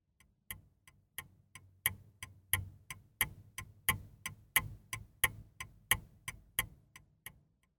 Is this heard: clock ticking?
yes